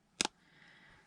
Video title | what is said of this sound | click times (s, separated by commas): chunky puppy crochet | so they do go in there and the eyes are locked | 0.2 s